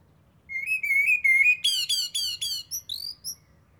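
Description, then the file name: Eurasian blackbird song phrase: a few clear whistled notes sliding slightly up, followed by a run of sharp, high, chattering notes. "Turdus merula"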